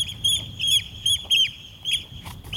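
Eurasian oystercatcher alarm calls, a series of shrill piping notes, over low rumbling background noise.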